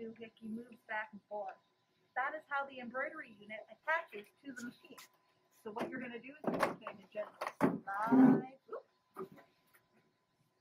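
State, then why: Not seated. Someone talks while handling the embroidery unit of a PFAFF embroidery sewing machine, showing the small attachment latch that moves back and forth and is used to attach the unit to the machine before sliding it onto the machine's free arm. A couple of brief handling knocks are heard near the end. The embroidery unit has not clicked or seated onto the machine yet.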